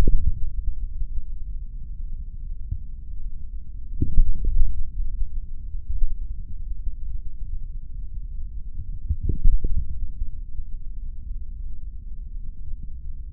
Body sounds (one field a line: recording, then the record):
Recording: forearm muscle sounds (acoustic myography)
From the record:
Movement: tripod grip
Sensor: system 3, bracelet of six PUI Audio POM-2738L microphones around the upper forearm, with dedicated amplification and filtering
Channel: 5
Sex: male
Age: 26 years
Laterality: right